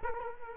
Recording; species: mosquito wingbeat signal from an infrared sensor; Culex quinquefasciatus